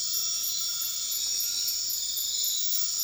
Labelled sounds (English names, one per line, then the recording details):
none
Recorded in dense forest near Puerto Asís, Putumayo, Colombia, on 12 March 2025 at 23:30
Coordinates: 0.500, -76.322
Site GP06